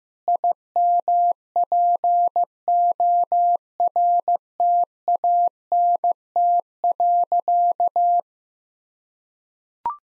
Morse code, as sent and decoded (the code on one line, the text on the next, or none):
.. -- .--. --- .-. - .- -. - .-.-.-
IMPORTANT.